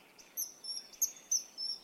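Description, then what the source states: Common Kingfisher shrill cries: thin, very high piercing whistles repeated several times in under two seconds, with faint background hiss. Shrill cry given while defending its territory, flying at full speed over the water; river in Brittany, France.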